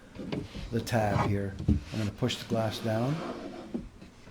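Someone talks while handling the rear door window glass of a BMW 3 Series, about to push it down so its tab engages the clip on a new window regulator. A brief sharp knock is heard near the start, but the glass has not popped into the clip yet, so nothing has seated.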